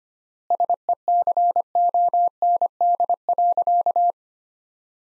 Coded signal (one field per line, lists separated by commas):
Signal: Morse code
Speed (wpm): 25 wpm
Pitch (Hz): 700 Hz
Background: none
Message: SECOND.